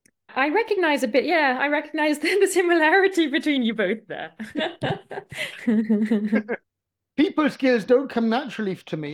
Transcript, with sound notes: I recognize a bit. Yeah. I recognize the similarity between you both there [laughs]
People skills don’t come naturally to me.